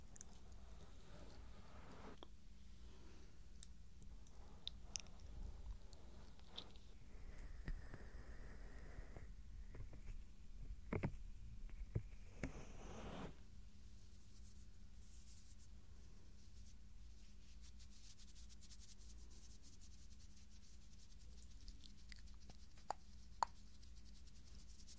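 Soft ear touching with rubbing and brushing strokes, busier and scratchier between 7 and 13 seconds, over a low steady hum with occasional clicks.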